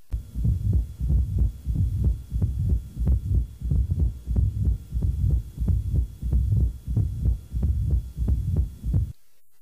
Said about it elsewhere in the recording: Listening at the apex of the heart, in the left lateral decubitus position. This patient has more severe mitral valve stenosis, and you'll notice tachycardic.